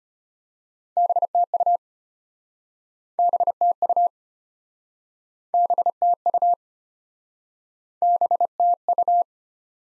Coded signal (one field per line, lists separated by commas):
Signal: Morse code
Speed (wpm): 33 wpm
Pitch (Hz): 700 Hz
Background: none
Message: BTU BTU BTU BTU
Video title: Top 20 QSO Elements - Speed-Racing - 25wpm